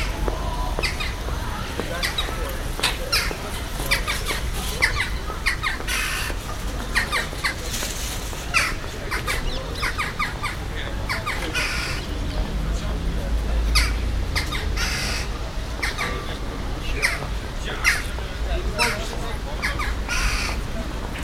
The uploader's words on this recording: Kauwtjes/Jackdaws Den Haag. Jackdaws at the fish stall, Buitenhof. Recorded as part of "The Hague Sound City" for State-X/Newforms 2010.